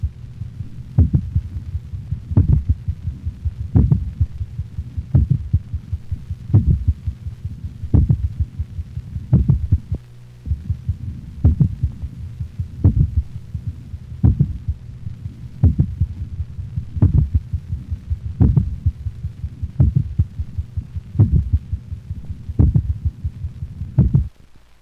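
Dog heart through a stethoscope over the mitral valve area: two independent rhythms, with louder, slower ventricular beats near 43 a minute predominating and a faster, lower-frequency atrial rhythm of soft sounds between them. Complete heart block, infrequent in dogs except when caused by digitalis intoxication.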